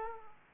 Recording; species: mosquito wingbeat signal from an infrared sensor; Aedes aegypti